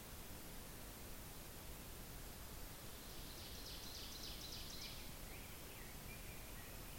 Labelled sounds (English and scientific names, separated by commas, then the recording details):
Ovenbird (Seiurus aurocapilla) song
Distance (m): 45 m
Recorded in boreal forest in Alberta, Canada, on 10 June 2016 at 07:48
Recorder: SongMeter 3, array SBT-3-39
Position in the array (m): 324 m, 145 m
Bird 19